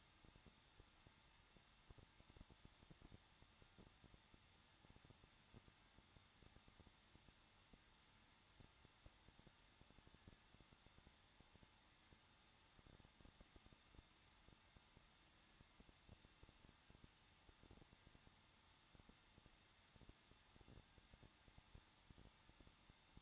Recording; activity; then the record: daily activity, microphone in the room; no activity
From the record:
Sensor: 3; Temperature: 21.2 degrees Celsius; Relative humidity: 36.4%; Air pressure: 1006.3 hPa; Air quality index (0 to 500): 223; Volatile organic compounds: 43 ppm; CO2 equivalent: 3202 ppm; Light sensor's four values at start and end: 2/3/2/2 and 2/3/2/2